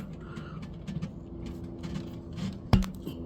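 A soaped rubber snap-in valve stem is gripped and pulled through the valve hole of a wheel rim, with quiet handling noise before a sharp pop at 2.7 s and a couple of faint ticks just after. The valve stem is seated in the rim hole.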